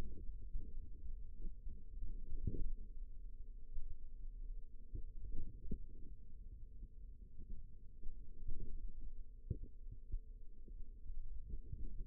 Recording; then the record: forearm muscle sounds (acoustic myography)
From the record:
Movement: hand opening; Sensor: system 2, bracelet of six BSWA MPA416 microphones around the upper forearm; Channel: 4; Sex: female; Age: 22 years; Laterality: right